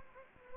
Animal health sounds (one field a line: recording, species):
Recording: mosquito wingbeat signal from an infrared sensor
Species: Anopheles gambiae